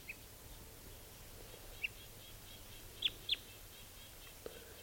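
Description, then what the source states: Red Crossbill calls: a few brief, high, clipped notes, spaced irregularly against a constant hiss, two of them in quick succession. Alternate type 2 call given by a type 2 bird in a tree right above the net; recording started at 6:48.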